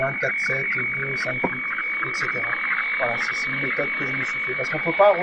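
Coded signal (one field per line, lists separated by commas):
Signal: weather fax (radiofax)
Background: speech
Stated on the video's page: Synoptic weather radiofax received in USB on a Sangean 909 SSB receiver with 6 m wire antenna, picked up by tablet's built-in microphone.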